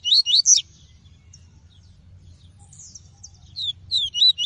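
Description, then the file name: Double-collared seedeater song, a quick high slurred phrase, a pause with faint high notes, then another short run of whistled notes. "Tui-tui" song variety. "canto do papa capim tui tui"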